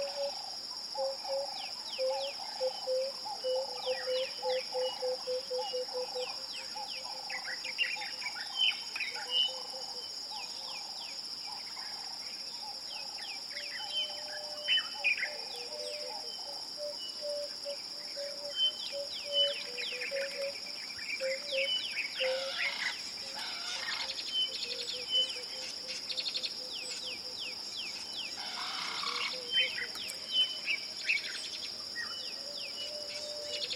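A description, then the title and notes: A dense dusk chorus in the African savanna: a steady, piercing insect drone holds high and unbroken throughout, with a lower pulsing cricket trill beneath. Scattered bird chirps and calls flicker through, busiest around the middle, some bright. Dusk in the African savanna. A lush and immersive dusck chorus captured in the East African savanna.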